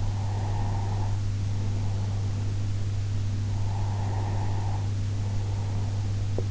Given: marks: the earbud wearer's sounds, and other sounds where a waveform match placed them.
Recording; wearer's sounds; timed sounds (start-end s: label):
sounds in sleep by an in-ear microphone; breath
0.08-2.86 s: breath
3.70-6.32 s: breath